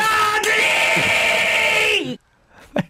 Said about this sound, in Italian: Allora, prima, quando siamo usciti nella pubblicità, c'era un urlo liberatorio del nostro Oscar Giannino, che diventerà il nostro mantra quando racconteremo queste notizie. Com'è che è quest'urlo?